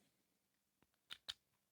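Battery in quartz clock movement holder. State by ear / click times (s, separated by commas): released / 1.1 s, 1.3 s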